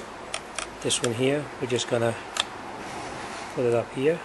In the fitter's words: back where it belongs here and if you're it snap in